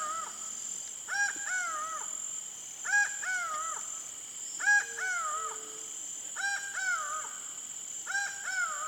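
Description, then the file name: Laughing Falcon repeating its doubled call roughly every 1.8 seconds over a steady insect hum. Pantanal. "Acaua"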